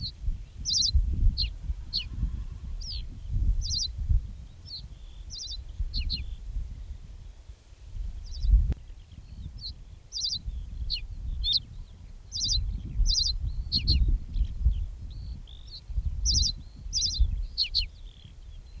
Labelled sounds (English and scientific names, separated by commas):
Reed Bunting (Emberiza schoeniclus) song